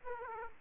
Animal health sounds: mosquito wingbeat signal from an infrared sensor; Aedes aegypti

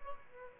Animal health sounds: mosquito wingbeat signal from an infrared sensor; Aedes albopictus

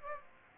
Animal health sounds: mosquito wingbeat signal from an infrared sensor; Aedes aegypti

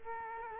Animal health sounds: mosquito wingbeat signal from an infrared sensor; Culex quinquefasciatus

